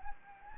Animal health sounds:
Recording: mosquito wingbeat signal from an infrared sensor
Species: Anopheles gambiae

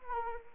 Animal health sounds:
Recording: mosquito wingbeat signal from an infrared sensor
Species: Anopheles arabiensis

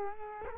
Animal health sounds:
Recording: mosquito wingbeat signal from an infrared sensor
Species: Culex quinquefasciatus

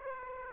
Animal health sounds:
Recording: mosquito wingbeat signal from an infrared sensor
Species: Aedes aegypti

